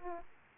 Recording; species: mosquito wingbeat signal from an infrared sensor; Aedes aegypti